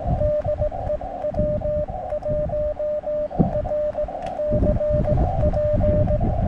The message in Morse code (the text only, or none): DE W1RCP